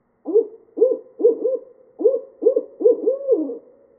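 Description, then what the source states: Barred owl hooting, a rhythmic series of several deep, slurred hoots with a drawn-out, descending final note, in a quiet background. Recorded 2013-08-17.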